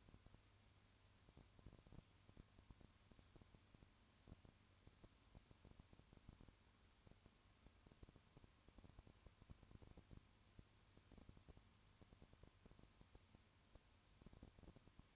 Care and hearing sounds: daily activity, microphone in the room; no activity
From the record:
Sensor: 2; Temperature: 20.3 degrees Celsius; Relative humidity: 35.6%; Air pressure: 1000.9 hPa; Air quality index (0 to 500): 196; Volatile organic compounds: 5 ppm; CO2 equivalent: 1729 ppm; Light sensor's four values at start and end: 2/3/2/2 and 2/3/2/2

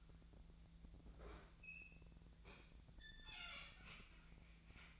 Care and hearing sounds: daily activity, microphone in the room; open fridge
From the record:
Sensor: 3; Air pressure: 1009.6 hPa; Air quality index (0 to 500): 193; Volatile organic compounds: 15 ppm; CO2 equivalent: 2514 ppm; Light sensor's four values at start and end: 37/91/39/42 and 37/92/39/42

